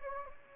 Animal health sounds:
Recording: mosquito wingbeat signal from an infrared sensor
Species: Anopheles gambiae

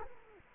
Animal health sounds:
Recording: mosquito wingbeat signal from an infrared sensor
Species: Culex quinquefasciatus

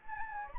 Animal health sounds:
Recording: mosquito wingbeat signal from an infrared sensor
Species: Anopheles gambiae

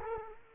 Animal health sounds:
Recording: mosquito wingbeat signal from an infrared sensor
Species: Culex quinquefasciatus

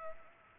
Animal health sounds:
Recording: mosquito wingbeat signal from an infrared sensor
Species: Culex pipiens

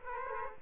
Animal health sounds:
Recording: mosquito wingbeat signal from an infrared sensor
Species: Aedes aegypti

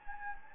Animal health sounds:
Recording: mosquito wingbeat signal from an infrared sensor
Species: Anopheles gambiae

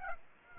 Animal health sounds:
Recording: mosquito wingbeat signal from an infrared sensor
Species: Aedes aegypti

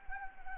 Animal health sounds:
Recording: mosquito wingbeat signal from an infrared sensor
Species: Anopheles arabiensis

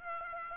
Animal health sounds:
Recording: mosquito wingbeat signal from an infrared sensor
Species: Aedes aegypti

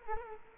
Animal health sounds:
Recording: mosquito wingbeat signal from an infrared sensor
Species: Culex quinquefasciatus

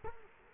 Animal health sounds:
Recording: mosquito wingbeat signal from an infrared sensor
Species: Culex quinquefasciatus

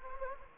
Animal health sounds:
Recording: mosquito wingbeat signal from an infrared sensor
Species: Anopheles gambiae

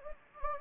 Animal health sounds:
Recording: mosquito wingbeat signal from an infrared sensor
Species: Anopheles gambiae

